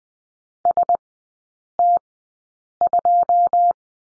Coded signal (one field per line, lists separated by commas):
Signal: Morse code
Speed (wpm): 20 wpm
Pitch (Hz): 700 Hz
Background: none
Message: S T 2